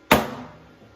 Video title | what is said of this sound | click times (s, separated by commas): How to Remove an IKEA Maximera Drawer Front | here until it clicks | 0.1 s